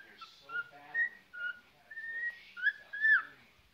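Cockatiel whistling a string of short clear tonal notes, some sliding, with quieter overtones.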